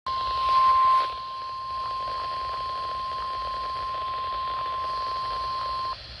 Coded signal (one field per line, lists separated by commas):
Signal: Emergency Alert System (SAME) tones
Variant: 1050 Hz attention tone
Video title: Georgia Fall Severe Weather Drill | EAS #323-326 | 11/04/20